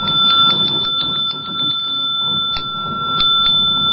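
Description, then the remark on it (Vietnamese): A Buddhist temple bell, struck once as the lecturing monk reaches his seat, sounds one long, unbroken ring, its bright, steady high tones holding evenly throughout over a dense, rumbling low background. “Không phải mình đánh nè, đợi cho tiếng răng nó hết, là thỉnh sư lên á, khi giảng sư lên tới chỗ rồi đánh một hơi dài một dứt.”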